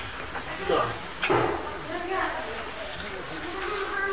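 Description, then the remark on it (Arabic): A door swings shut during a recorded religious lesson, with two short, sharp knocks close together early on, followed by a steady murmur of voices talking in the background. “لا ظل استكر الباب”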